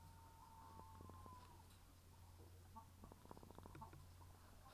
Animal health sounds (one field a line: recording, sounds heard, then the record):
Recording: poultry house recording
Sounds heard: sick chickens (respiratory disease)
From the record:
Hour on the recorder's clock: 15